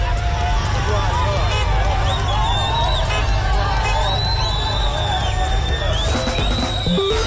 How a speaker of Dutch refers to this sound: In Israël zijn op dit moment zowel Palestijnse gevangenen als Israëlische gijzelaars onderweg naar huis. Onder luid gejuich worden auto's van het Rode Kruis met Israëlische gegijzelden onthaald bij de grensovergang.